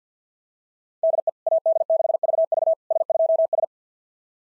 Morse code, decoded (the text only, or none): DE AD6VV S2S